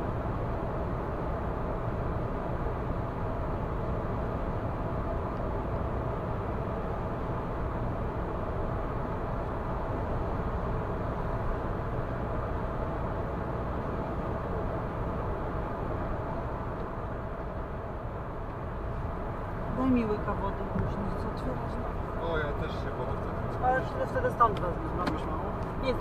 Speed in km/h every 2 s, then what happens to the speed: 106, 106, 106, 106, 106, 106, 106, 106, 106, 106, 106, 106, 106.
0-26 steady at about 106.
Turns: none.